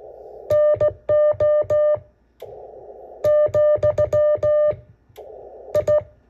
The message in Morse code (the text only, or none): NO, I